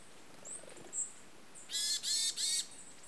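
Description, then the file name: Varied tit calling with thin high whistles, then three loud, buzzy nasal notes in a rapid row, each lasting about a quarter second. "yamagara"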